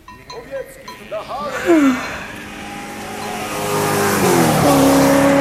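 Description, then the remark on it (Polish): A car engine revs and builds steadily louder over several seconds, ending in a sustained roar with a steady tone on top, after a few brief bleating calls at the start. “Co to było? Lato wjechało!”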